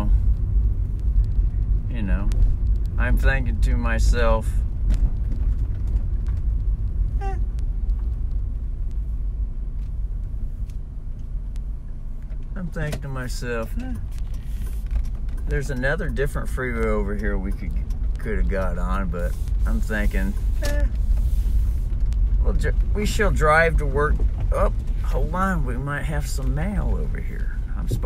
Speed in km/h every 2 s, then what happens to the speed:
12, 10, 11, 8, 5, 3, 4, 4, 7, 6, 6, 10, 9, 7.
0-5 steady at about 11. 5-9 slows to 3. 9-28 steady at about 6.